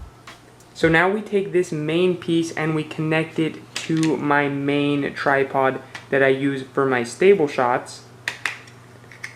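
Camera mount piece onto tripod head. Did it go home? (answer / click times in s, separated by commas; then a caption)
yes / 8.3 s, 8.5 s. A main camera mounting piece is fitted onto the main tripod used for stable shots while someone talks. Two sharp snap-like hits at 8.3 s and 8.5 s mark the piece locking on, and it sits perfectly on the tripod head.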